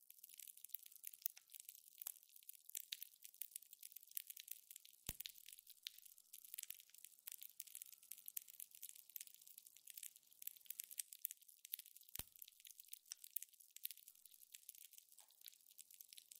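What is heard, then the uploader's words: Jelly crackles and fizzes in a continuous, dense stream of tiny wet pops, thin and bright with almost nothing low underneath. The texture stays steady throughout, broken by two sharper snaps around five and twelve seconds. ASMR Stress Relieving Jelly Sounds For Sleep.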